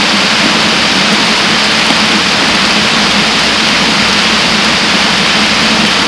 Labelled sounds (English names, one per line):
none